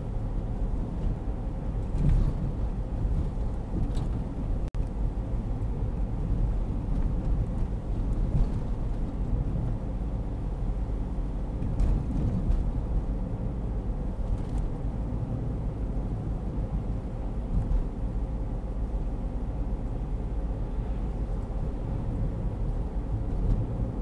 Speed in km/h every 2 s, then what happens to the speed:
56, 55, 54, 54, 54, 54, 54, 55, 55, 56, 56, 56.
0-24 steady at about 55.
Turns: none.